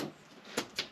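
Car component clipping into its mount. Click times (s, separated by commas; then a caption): 0.6 s, 0.8 s. A car component on a Mercedes SLK is pushed into its mount and clips into place. Two short, sharp clicks are heard at 0.6 s and 0.8 s. The part is seated.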